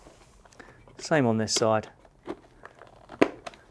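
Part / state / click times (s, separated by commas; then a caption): sun visor tang into helmet drop-down runner / seated / 3.2 s. On the second side of an HJC RPHA-91 motorcycle helmet, a plastic internal sun visor tang is fed into the drop-down runner recess and pushed until it clicks, then the visor is function checked. Someone talks briefly amid faint plastic handling ticks, and a sharp click at 3.2 s marks the tang seating in the runner.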